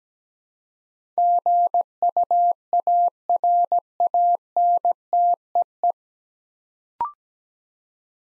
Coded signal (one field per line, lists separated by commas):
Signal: Morse code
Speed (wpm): 17 wpm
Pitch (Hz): 700 Hz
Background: none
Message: GUARANTEE